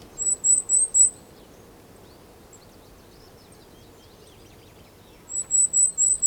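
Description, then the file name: Goldcrest song: two bursts of very high, thin, rhythmic notes separated by several seconds of soft twittering. Song; Europe. "Wintergoldhaehnchen Gesang Voegel in Europa"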